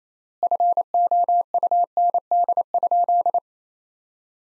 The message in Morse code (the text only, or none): FOUND?